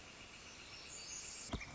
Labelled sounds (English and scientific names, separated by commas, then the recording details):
Northern Flicker (Colaptes auratus)
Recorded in Sonoma County, California